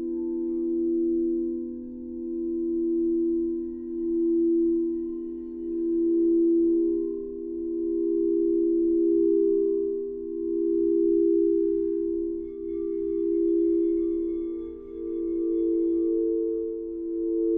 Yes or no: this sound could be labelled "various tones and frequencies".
yes